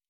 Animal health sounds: hydrophone in a shrimp aquaculture tank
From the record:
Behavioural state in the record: normal

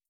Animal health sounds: hydrophone in a shrimp aquaculture tank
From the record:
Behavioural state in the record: starved

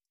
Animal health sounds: hydrophone in a shrimp aquaculture tank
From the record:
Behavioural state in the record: stressed

